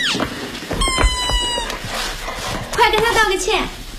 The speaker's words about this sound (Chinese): 徐朗踩到了地上的橡皮鸭子。